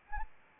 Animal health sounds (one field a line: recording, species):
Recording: mosquito wingbeat signal from an infrared sensor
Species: Anopheles arabiensis